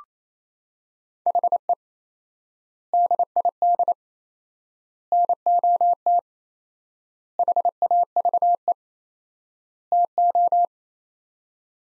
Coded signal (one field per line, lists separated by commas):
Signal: Morse code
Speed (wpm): 28 wpm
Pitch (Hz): 700 Hz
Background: none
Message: HE DID NOT HAVE TO